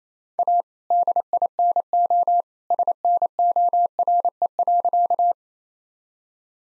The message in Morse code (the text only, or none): A DINO SNORE.